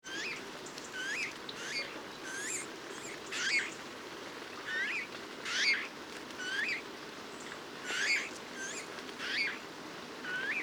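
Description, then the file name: Eurasian bullfinch calls: short hooked whistled notes, repeated irregularly several times, over a steady soft background hiss. "Pyrrhula pyrrhula"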